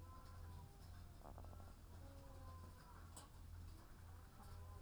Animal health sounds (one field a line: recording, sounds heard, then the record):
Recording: poultry house recording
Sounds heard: sick chickens (respiratory disease)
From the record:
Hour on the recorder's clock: 15